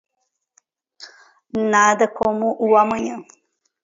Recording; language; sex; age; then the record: short text; Brazilian Portuguese; female; 30 to 39 years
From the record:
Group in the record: control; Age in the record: 39 years